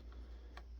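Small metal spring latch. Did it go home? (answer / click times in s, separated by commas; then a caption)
released / 0.6 s. The two metal spring tabs holding a SO-DIMM memory module in a Dell OptiPlex 3080/3090 Micro (MFF) are spread apart, and the module springs up out of its latched position in the motherboard slot. A faint tick is heard at 0.1 s, then a louder, sharp click at 0.6 s as the memory module is released.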